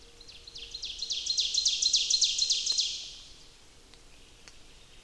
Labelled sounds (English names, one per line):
Ovenbird song